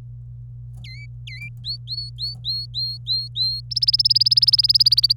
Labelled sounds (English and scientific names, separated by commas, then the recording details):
Domestic Canary (Serinus canaria) song
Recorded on 25 April 2018 at 16:41
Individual llb3